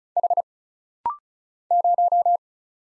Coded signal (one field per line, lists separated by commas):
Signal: Morse code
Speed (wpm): 35 wpm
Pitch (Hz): 700 Hz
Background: none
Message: H 0